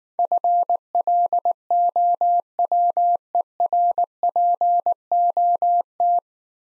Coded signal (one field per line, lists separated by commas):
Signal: Morse code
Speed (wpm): 19 wpm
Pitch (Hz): 700 Hz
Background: none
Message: FLOWERPOT